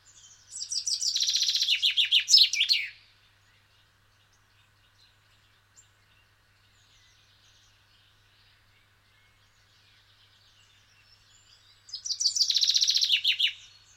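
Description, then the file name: Common chaffinch singing two separate phrases with a long quiet gap between them, each a quick descending cascade of crisp trilled notes. "Fringilla coelebs"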